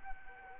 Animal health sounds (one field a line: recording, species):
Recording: mosquito wingbeat signal from an infrared sensor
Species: Culex quinquefasciatus